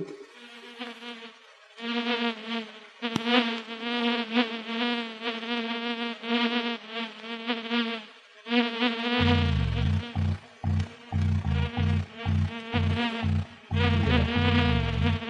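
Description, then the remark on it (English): A whining, insect-like buzz drones in long wavering stretches with brief gaps at the beginning of a music track, and from the middle onward it continues over a steady run of deep, thumping bass pulses. “And all you people that like to listen to weird sounds, check the beginning and don't get out the fly spray.”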